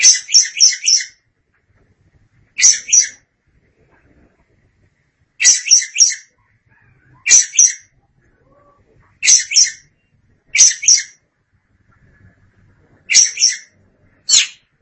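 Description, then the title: Oriental magpie-robin song, short bursts of rapid high chattering notes repeated at short intervals, with quiet pauses between. "Suara Kicauan Burung Kacer Durasi Panjang"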